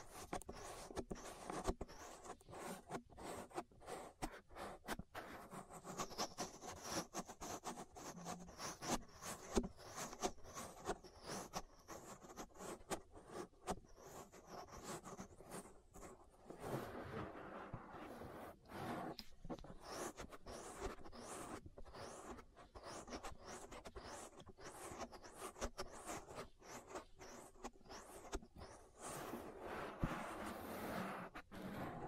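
An ear massage made of dense, close-packed rubbing and scratching sounds that run without a break for the whole stretch. Sharp crackles and little pops land irregularly over a steady, mid-to-bright rustle, with a few louder scrapes now and then.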